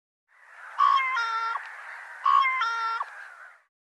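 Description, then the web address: Bird uttering two matching calls, each opening with a brief whistled note and continuing as a reedy, stacked tone, spaced about 1.5 seconds apart. "Deverinetal Bird Co Co Co Co"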